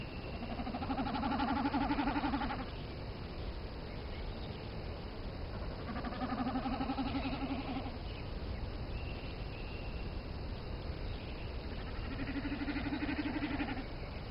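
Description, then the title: Common snipe drumming, a pulsed, bleating hum lasting about two seconds, repeated three times over steady background hiss. "Taivaanvuohi"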